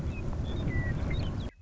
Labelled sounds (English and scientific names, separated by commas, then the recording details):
Western Meadowlark (Sturnella neglecta)
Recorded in Sonoma County, California